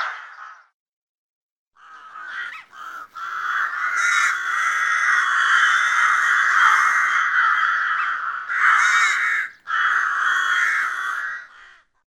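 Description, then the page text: Rook making a long, drawn-out, grating caw, with shorter raspy caws before and after, the harsh sound running almost continuously. Rook recorded in Russia. "Голоса птиц России - Грач (Corvus frugilegus)"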